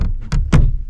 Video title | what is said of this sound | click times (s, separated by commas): Performance Sit On Top Shootout! | was a smart design just pops right in there solid secured | 0.3 s, 0.5 s